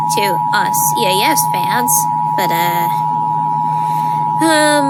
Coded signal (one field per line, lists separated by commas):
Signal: Emergency Alert System (SAME) tones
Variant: 853 and 960 Hz attention tone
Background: speech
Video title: Rating EAS Alarms! [Part 1]